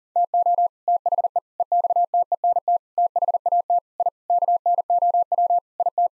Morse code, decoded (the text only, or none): TO THE EXTENT THAT I KNOW IT